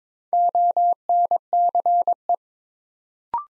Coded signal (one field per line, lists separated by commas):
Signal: Morse code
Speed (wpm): 22 wpm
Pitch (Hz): 700 Hz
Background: none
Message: ONCE